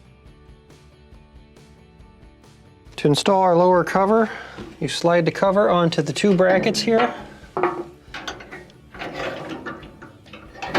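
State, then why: Not seated. The lower front cover, a sheet-metal panel, of a Whirlpool dryer is being slid onto the two brackets on the dryer cabinet during a repair for a dryer that will not heat, involving the hi-limit thermostat. After about three seconds of quiet, someone talks, followed by short sharp knocks of handling around 7.6 s and 8.3 s and a light bump near 10.6 s. Nothing has seated or clicked yet.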